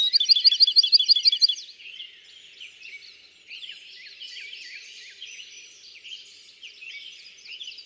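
Bachman's sparrow: a fast, even trill of sharp repeated notes lasting under two seconds, followed by softer, varied chirping.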